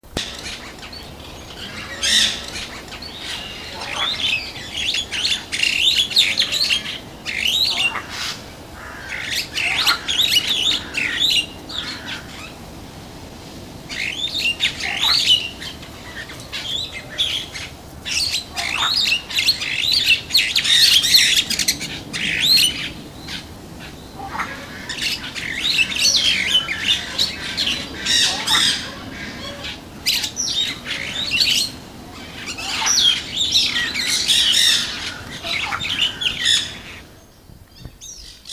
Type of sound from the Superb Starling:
song